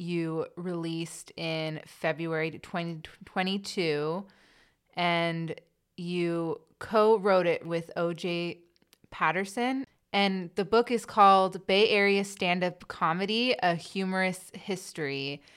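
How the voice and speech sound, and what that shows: A single adult woman speaks at a moderate pace with a steady mid-range voice, a few brief pauses and slightly drawn-out word endings. Her speech is ordinary and fluent, with clear articulation and no blocks or repetitions.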